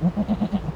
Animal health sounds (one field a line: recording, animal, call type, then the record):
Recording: contact call of a hoofed animal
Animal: goat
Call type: low-frequency (closed-mouth) or high-frequency (open-mouth) call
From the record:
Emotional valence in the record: negative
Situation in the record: short social isolation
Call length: 0.76 s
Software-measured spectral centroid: 1090 Hz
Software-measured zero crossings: 740 a second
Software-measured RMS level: -23 dBFS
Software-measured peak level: -11 dBFS